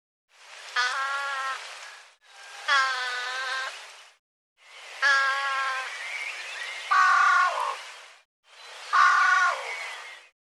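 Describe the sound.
Bird calls: four drawn-out, nasal, harmonic-rich notes separated by short silent gaps, the third the longest.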